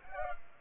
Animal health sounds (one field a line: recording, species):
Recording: mosquito wingbeat signal from an infrared sensor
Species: Culex pipiens